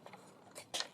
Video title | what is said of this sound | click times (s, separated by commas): Planet X MORS (Fall of Cybertron Starscream): EmGo's Transformers Reviews N' Stuff | snap into place right there and then you just take the wings and you just bring them up on that double hinge as far as they'll go | 0.8 s